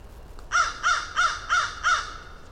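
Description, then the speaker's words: Crow caws, five short harsh calls in an even, rapid series, about three a second, over light background noise. A rookery of crows calling deep in the woods at Mud Pond, a nature refuge in Vermont, in early spring. "As I moved deeper into the woods, a rookery of crows began to call."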